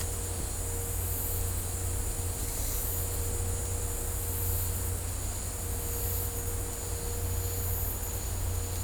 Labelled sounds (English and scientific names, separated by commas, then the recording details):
none
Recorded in dense forest near Puerto Asís, Putumayo, Colombia, on 22 December 2024 at 13:00
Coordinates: 0.503, -76.323
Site G043